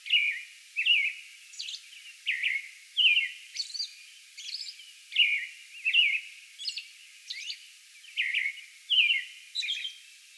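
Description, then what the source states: American robin pouring out a steady series of whistled caroling phrases, with high squeaky notes between them. Song bout recorded on May 11.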